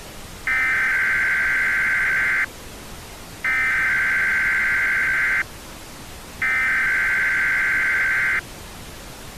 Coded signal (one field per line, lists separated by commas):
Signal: Emergency Alert System (SAME) tones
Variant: header bursts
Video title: EAS Scenario #5: Tornado in Missouri